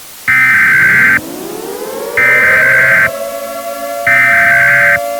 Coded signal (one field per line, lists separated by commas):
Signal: Emergency Alert System (SAME) tones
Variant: header bursts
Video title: Tornado Warning - A real EAS Short